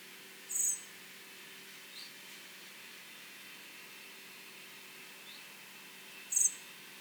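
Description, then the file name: Common blackbird making two brief, high, thin call notes about six seconds apart, with a faint extra note between them, over a constant background hiss. "Turdus merula"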